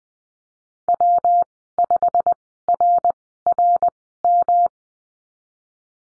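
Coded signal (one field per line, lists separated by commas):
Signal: Morse code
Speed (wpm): 20 wpm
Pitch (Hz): 700 Hz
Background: none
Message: W5RRM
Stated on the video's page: Morse code course lesson on call signs, Farnsworth speed 20/10 wpm.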